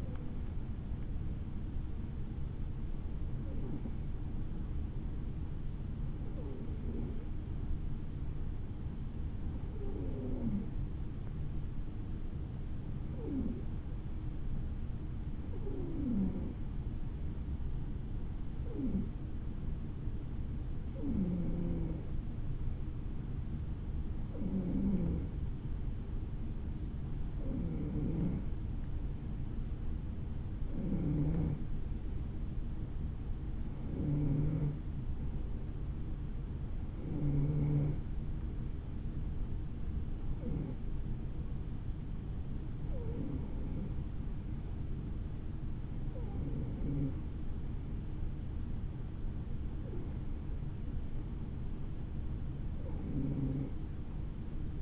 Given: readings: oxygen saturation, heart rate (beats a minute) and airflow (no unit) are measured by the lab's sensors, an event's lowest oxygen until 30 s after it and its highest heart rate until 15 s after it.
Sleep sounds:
breathing in sleep by a smartphone at the bedside; none
none scored
From the record:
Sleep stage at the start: N2 (light sleep); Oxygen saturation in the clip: 93 to 95%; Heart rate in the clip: 51 to 56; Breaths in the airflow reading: 17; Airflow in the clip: -4.5 to 3.9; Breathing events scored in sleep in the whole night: 216 in 7.0 hours asleep

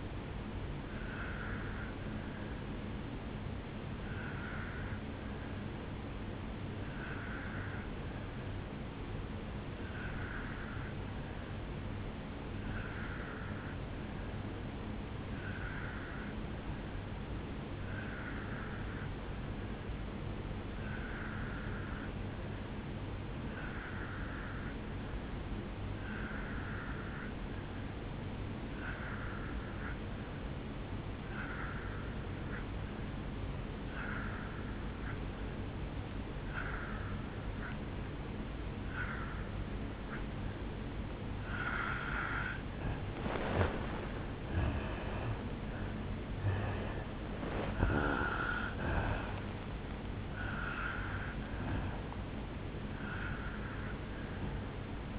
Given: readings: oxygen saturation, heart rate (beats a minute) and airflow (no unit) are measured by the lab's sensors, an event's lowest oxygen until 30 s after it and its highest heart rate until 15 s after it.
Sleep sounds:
breathing in sleep by a voice recorder at the bedside; 1
3.00-41.90 s: obstructive apnea (N2, oxygen 95% highest, then 84% lowest, heart rate 62 at the start, 77 highest)
From the record:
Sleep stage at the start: N2 (light sleep); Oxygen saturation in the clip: 85 to 95%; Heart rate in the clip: 56 to 77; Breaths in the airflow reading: 5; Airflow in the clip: -11.1 to 7.5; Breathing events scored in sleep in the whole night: 449 in 7.0 hours asleep

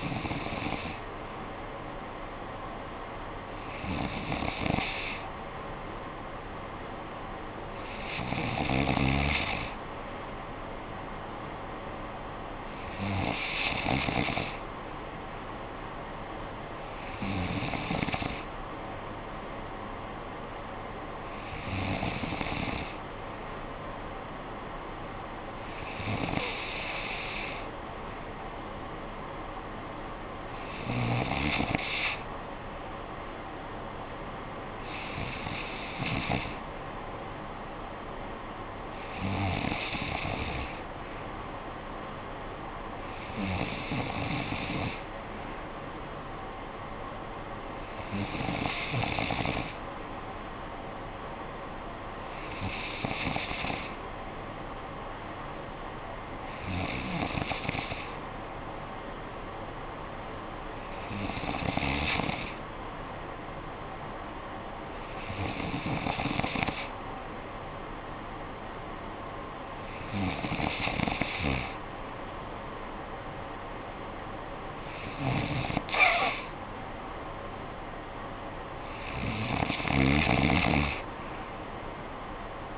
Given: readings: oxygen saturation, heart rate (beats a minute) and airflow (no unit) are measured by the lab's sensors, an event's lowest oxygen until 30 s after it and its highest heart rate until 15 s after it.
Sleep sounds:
breathing in sleep by a voice recorder at the bedside; none
none scored
From the record:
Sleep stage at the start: N3 (deep sleep); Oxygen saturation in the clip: 93 to 94%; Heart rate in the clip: 54 to 63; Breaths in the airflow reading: 19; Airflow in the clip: -9.3 to 5.7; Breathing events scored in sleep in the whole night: 445 in 7.6 hours asleep

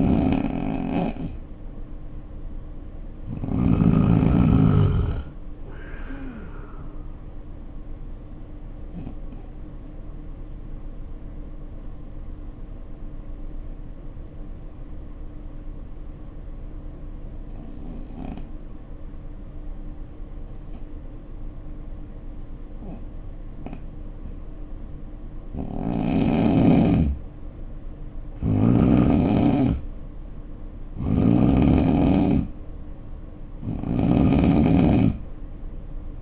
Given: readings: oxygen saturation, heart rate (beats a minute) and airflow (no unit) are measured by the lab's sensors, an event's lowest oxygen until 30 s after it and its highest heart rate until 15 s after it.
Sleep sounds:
breathing in sleep by a smartphone at the bedside; 1
8.00-30.90 s: hypopnea (N2, oxygen 92% highest, then 81% lowest, heart rate 67 at the start, 70 highest)
17.00-36.22 s: new sleep stage, N3 (deep sleep)
From the record:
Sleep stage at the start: N2 (light sleep); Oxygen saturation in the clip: 88 to 93%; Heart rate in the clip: 60 to 67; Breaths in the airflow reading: 6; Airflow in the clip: -5.8 to 7.6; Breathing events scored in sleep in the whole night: 520 in 7.2 hours asleep

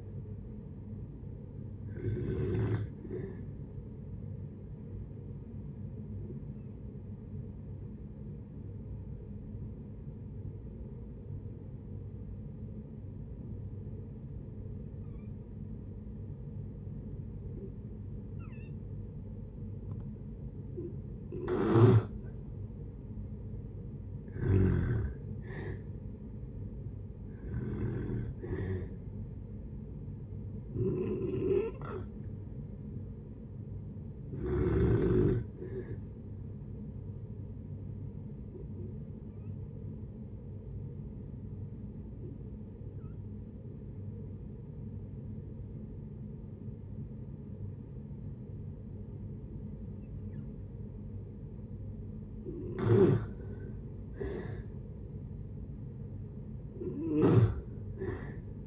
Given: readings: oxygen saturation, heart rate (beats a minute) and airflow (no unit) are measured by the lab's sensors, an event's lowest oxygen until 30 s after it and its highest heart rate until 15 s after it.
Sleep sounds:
breathing in sleep by a smartphone at the bedside; 2
4.00-22.90 s: hypopnea (N1, oxygen 97% highest, then 87% lowest)
27.00-58.67 s: new sleep stage, N2 (light sleep)
33.00-53.20 s: hypopnea (N2, oxygen 95% highest, then 85% lowest)
From the record:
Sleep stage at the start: N1 (lightest sleep); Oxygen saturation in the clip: 82 to 97%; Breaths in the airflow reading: 11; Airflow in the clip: -7.1 to 7.3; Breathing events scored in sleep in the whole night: 496 in 5.4 hours asleep

